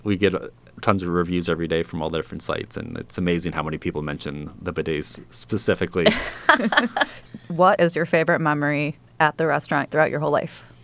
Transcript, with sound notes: We get tons of reviews every day from all different sites, and it's amazing how many people mention the Bidets specifically. [LAUGHTER]
What is your favorite memory at the restaurant throughout your whole life?